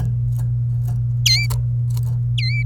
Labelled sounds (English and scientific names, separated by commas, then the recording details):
Domestic Canary (Serinus canaria) song
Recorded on 27 April 2018 at 09:24
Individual llb3